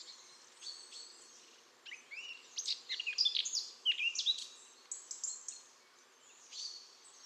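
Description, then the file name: Eurasian blackcap song: a fast, jumbled phrase of high, chattering and warbled notes building to a peak in the middle, with softer high notes before and after. "Sylvia atricapilla"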